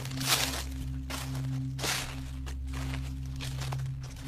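A few soft, rustling footsteps scuff along at an uneven pace, each a brief dry swish, over a steady low droning hum.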